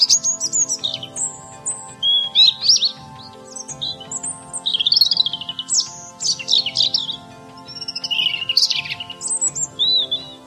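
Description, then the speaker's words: European robin singing, high thin tinkling phrases with rapid trills and sliding notes, varied and continuous, with a faint steady hum below. Sings in April in the evening until late dusk from crowns of still-bare trees; in the morning sings before sunrise. "В апреле по вечерам до поздних сумерек звонкая песня льется из крон еще голых деревьев."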